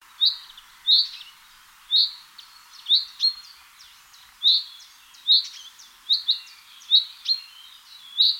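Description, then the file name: Common chaffinch giving many bright chirping calls at uneven spacing, some in quick pairs, with faint background hiss. "Fringilla coelebs"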